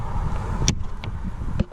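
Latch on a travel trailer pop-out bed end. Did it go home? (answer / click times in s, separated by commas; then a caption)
yes / 0.7 s. A latch on the pop-out bed end of a 2014 Jayco Jay Feather SLX 16XRB travel trailer is closed after the tent-bed sides are pushed in, over a steady low rumble. A sharp, short click at 0.7 s marks the latch locking into place, followed by two fainter taps around 1.0 s and 1.6 s.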